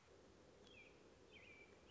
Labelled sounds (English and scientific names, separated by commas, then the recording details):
American Robin (Turdus migratorius)
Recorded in Sonoma County, California